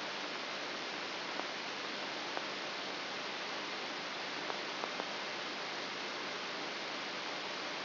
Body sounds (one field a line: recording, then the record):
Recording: brain microelectrode recording played as sound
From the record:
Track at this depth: inside the subthalamic nucleus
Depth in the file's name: 0.506 mm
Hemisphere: left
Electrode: 3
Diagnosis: Parkinson's disease